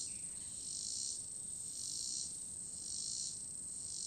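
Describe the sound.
Cricket trilling, high pulsed bursts swelling and fading about once a second over a continuous thin high-pitched ringing.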